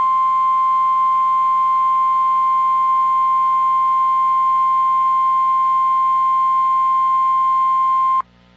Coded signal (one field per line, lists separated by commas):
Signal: Emergency Alert System (SAME) tones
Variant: 1050 Hz attention tone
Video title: Required Weekly Test (EAS #1110) Live Voice